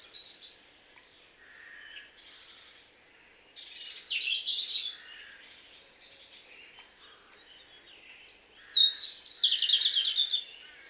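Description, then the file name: European robin song of varied, high-pitched phrases mixing thin drawn whistles and fast scratchy trills, delivered in bursts with quiet gaps between them. "Erithacus rubecula"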